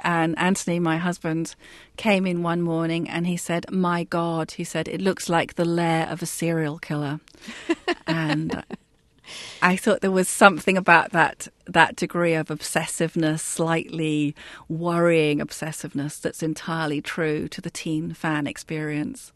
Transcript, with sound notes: And Anthony, my husband, came in one morning and he said, my god. He said it looks like the lair of a serial killer.
(SOUNDBITE OF LAUGHTER)
And I thought there was something about that that degree of obsessiveness, slightly worrying obsessiveness that's entirely true to the teen fan experience.